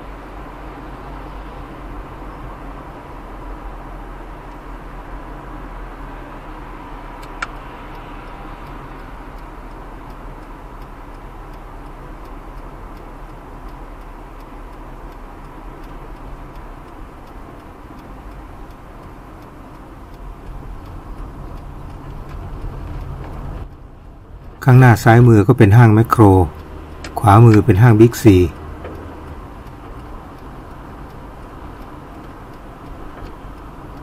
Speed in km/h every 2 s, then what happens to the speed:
51, 50, 50, 48, 46, 45, 44, 43, 39, 36, 33, 31, 30, 34, 38, 39, 39.
0-14 steady at about 46. 14-21 slows to 31. 21-29 speeds up to 39.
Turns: none.